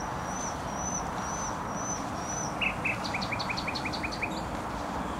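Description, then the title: Nightingale song: a series of thin high whistles followed by a run of quick repeated notes, over a dense roar of traffic. Singing in bushes close to a noisy motorway, Trasa Toruńska, Bródno-Podgrodzie, Warsaw, Poland; recorded with an Olympus LS-11. "Bródno-Podgrodzie, Warszawa, Polska - Trasa Toruńska Nightingale"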